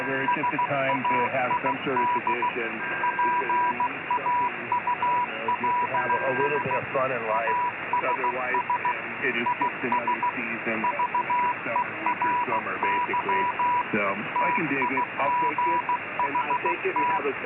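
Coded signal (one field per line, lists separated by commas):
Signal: Morse code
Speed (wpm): 15 wpm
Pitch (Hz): 980 Hz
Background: speech, radio noise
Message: SAID PAULS ASS IS VERY TIGHT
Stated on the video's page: Morse heard on a live Yavapai County, Arizona scanner feed.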